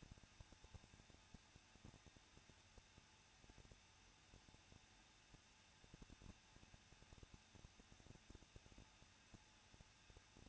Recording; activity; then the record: daily activity, microphone in the room; no activity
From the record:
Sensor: 2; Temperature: 21.0 degrees Celsius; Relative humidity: 37.6%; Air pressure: 1006.3 hPa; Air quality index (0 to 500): 224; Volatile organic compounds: 25 ppm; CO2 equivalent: 2847 ppm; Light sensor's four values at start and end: 2/3/2/2 and 2/3/2/2